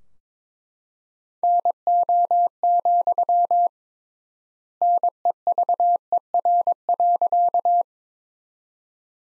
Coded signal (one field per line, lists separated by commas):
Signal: Morse code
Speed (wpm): 22 wpm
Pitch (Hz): 700 Hz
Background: none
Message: NO, NEVER.